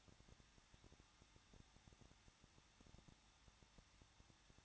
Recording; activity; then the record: daily activity, microphone in the room; no activity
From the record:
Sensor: 3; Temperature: 21.2 degrees Celsius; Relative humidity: 36.3%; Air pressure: 1006.3 hPa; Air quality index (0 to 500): 221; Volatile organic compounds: 41 ppm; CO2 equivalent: 3158 ppm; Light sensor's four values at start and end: 2/3/2/2 and 2/3/2/2